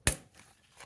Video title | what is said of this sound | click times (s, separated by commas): How to lubricate Suzuki Ignis shifter cables and clutch linkage | That's it. It just snaps in place. | 0.1 s